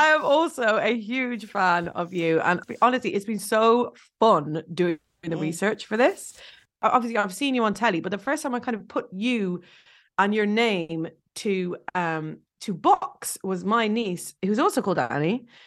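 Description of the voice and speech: A woman speaks in a clear, fluent, conversational way at a mid pitch, with lively intonation, natural pauses and a brief 'um' hesitation. The articulation and voice quality are ordinary, which fits normal adult speech with no speech disorder.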